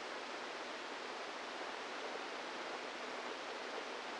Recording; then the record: brain microelectrode recording played as sound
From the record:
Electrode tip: inside the subthalamic nucleus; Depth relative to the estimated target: -3 mm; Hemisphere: right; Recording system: NeuroSet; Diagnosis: Parkinson's disease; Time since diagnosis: 10 years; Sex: female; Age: 45 years